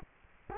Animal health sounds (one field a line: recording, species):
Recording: mosquito wingbeat signal from an infrared sensor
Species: Culex quinquefasciatus